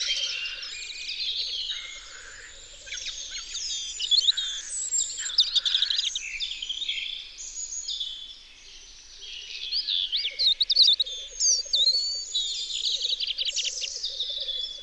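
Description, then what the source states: European robin singing a long, varied string of high, liquid, tumbling warbles and trills, pausing briefly, with a low pulsing trill running underneath. Recorded in Isère, France.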